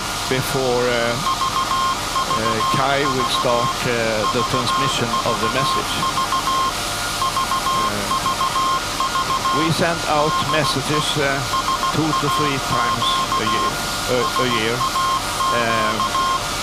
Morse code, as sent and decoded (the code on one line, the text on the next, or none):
...- ...- ...- / ...- ...- ...- / ...- ...- ...- / -.. . / ... .- --.- / ... .- --.-
VVV VVV VVV DE SAQ SAQ